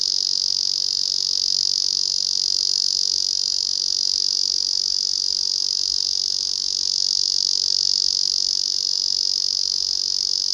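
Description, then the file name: Ezo cicada song: a steady, unbroken high buzzing drone held at one pitch throughout, without pauses or changes in loudness. "cicada ezozemi"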